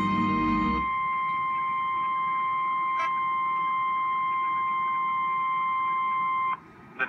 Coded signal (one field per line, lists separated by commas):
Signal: Emergency Alert System (SAME) tones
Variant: 1050 Hz attention tone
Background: music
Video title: River Flood Warning (EAS 551) (2/11/18)